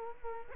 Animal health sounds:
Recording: mosquito wingbeat signal from an infrared sensor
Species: Culex quinquefasciatus

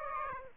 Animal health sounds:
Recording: mosquito wingbeat signal from an infrared sensor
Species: Aedes aegypti

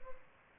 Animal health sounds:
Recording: mosquito wingbeat signal from an infrared sensor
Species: Aedes albopictus

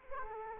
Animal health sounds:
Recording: mosquito wingbeat signal from an infrared sensor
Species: Culex quinquefasciatus

